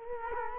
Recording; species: mosquito wingbeat signal from an infrared sensor; Culex quinquefasciatus